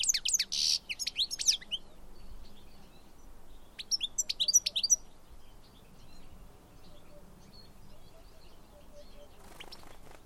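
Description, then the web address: Bird calls: brief bursts of high, sharp chirps at the start and again a few seconds later, then a low steady background hiss and a short noisy rustle at the end. "Deverinetal"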